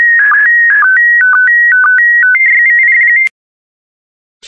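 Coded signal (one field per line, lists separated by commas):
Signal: SSTV (slow-scan television)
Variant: PD120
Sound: clean electronic tone hopping between pitches, short low blips about twice a second, then silence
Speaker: Five, four, three, two, one. Transmission complete. You can now check your decoded image against the picture that is shown on the video.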